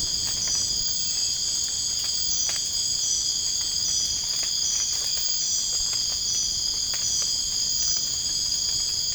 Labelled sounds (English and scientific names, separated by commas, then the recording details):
none
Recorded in dense forest near Puerto Asís, Putumayo, Colombia, on 27 June 2025 at 01:00
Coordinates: 0.481, -76.323
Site G072